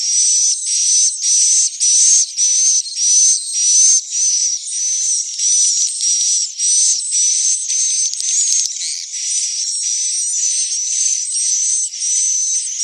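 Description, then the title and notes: Swiftlet buzzy calls, short rasping bursts repeated roughly every half second, each carrying a thin whistled tone, in a steady rhythm. Swiftlet sound used for swiftlet farming in Asia. "Swiflet Bird Sound. Farming Swiflet Bird asia sound"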